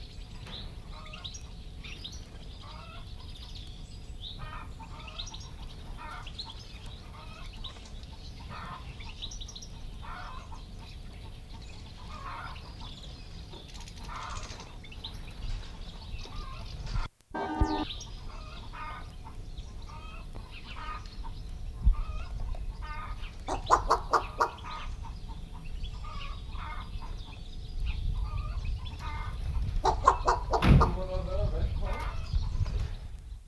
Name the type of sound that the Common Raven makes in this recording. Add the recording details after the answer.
call. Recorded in captivity. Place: Serrahn, Mecklenburg-Vorpommern, DE. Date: 1969-05-10. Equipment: Nagra III BH, Sennheiser MD 421. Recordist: Schubert, Michael. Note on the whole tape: Kolkrabe in der Voliere, Hauptrufe und Imitationen wie Hundebellen, Hühner-/Hahnlaute